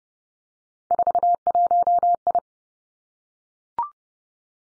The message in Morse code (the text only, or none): 41I